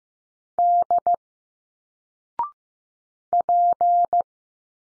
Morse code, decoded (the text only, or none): D P